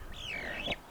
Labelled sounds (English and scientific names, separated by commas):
Superb Starling (Lamprotornis superbus) flight call